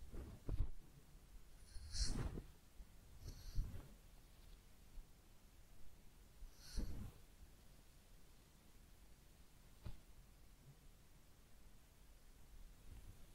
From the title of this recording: Real Head Massage and Ear Cleaning